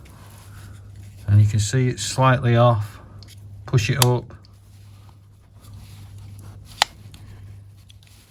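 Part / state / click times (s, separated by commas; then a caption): badged plastic cover onto car key card remote / seated / 6.8 s. Someone talks while the slightly misaligned badged plastic cover of a Volvo car key card remote is pushed up into place during a battery change. A single loud, sharp snap at 6.8 s marks the cover seating home, followed by a few faint ticks.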